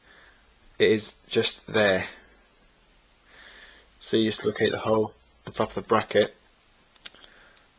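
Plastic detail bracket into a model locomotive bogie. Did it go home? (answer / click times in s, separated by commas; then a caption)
yes / 7.1 s. Someone talks while a small plastic detail bracket is located by the hole at its top on the bogie of a ViTrains Class 37 model locomotive and gently pushed on. A sharp, small click at 7.1 s, with fainter ticks just before and after, marks the bracket seating onto the bogie.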